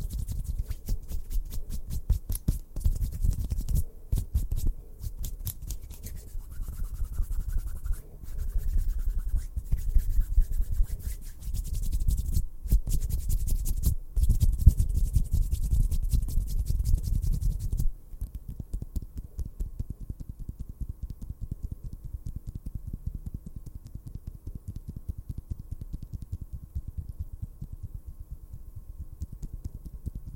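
Fast, aggressive tapping and rubbing triggers come in dense, rapid bursts with a heavy low thump underneath. Sharp clicks and scratchy strokes crowd the first eighteen seconds, with a brief higher squeak around six to eleven seconds, then the sounds turn quieter and sparser, lighter rubbing.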